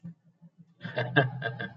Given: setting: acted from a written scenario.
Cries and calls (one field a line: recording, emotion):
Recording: vocal sound without words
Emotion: amusement